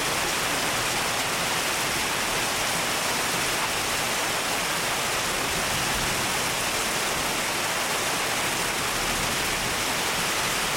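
Rain pours down in a dense, unbroken hiss that stays steady from start to finish. The sound is bright, filling everything from low rumble to high sizzle, with no separate drops or pauses standing out.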